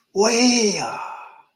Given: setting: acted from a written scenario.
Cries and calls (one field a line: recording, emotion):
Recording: vocal sound without words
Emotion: desire